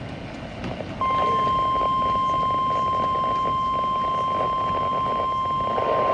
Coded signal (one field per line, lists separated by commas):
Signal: Emergency Alert System (SAME) tones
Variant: 1050 Hz attention tone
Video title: WWG56 RWT on the go (EAS 112)